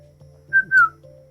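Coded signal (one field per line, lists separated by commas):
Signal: whistled language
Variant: Mazatec whistled speech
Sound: two quick whistled notes, the second sliding downward in pitch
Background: low hum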